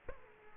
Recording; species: mosquito wingbeat signal from an infrared sensor; Aedes aegypti